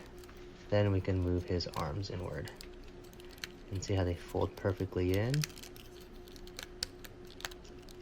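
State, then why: Seated. Someone talks while folding the robot's arms inward on a plastic Transformers War for Cybertron: Earthrise Thundercracker and Skywarp transforming toy, pressing the arm pieces into their slots in the toy's body because they had not been snapped in earlier. Light plastic taps follow, then a sharp snap at 6.8 s as the arm panels seat in place.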